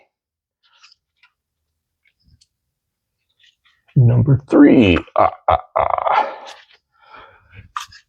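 A spark plug wire boot for cylinder number three is handled at its spark plug, with a few faint ticks early on and someone talking in the second half. The boot has not snapped onto the plug yet; nothing has seated or clicked.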